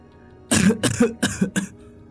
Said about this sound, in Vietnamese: Thoát khỏi bàn tay bà Tư, bà cả Lê chỉ có thể vừa bụng miệng ho khan, vừa ra sức bò trên mặt đất để tránh khỏi liên hoàn đá của bà Tư.